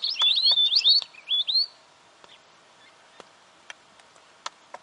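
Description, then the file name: Weebill song: a quick, high twittering phrase of sweet slurred notes lasting under two seconds, followed by quiet with scattered faint clicks. "canto do gerigono de bico curto"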